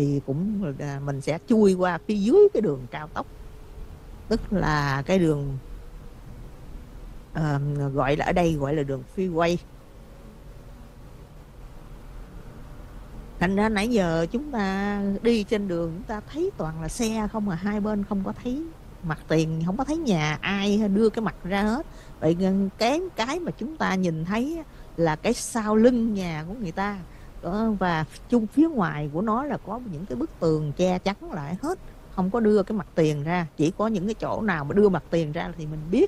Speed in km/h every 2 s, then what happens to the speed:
29, 32, 35, 37, 39, 42, 45, 45, 47, 45, 47, 47, 48, 48, 47, 48, 47, 47.
0-15 speeds up to 47. 15-36 steady at about 47.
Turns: none.